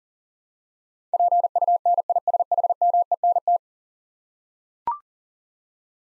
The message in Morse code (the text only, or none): PUNISHMENT